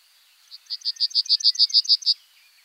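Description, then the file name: Bunting song: a quick series of about eleven high, clipped notes repeated at an even pace, rising in loudness and ending abruptly. "bruant"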